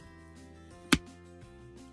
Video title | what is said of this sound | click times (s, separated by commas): Kate Spade (Knott Pebbled Leather) Commuter Bag Review | and if I just let go you can hear that click there one more time | 0.9 s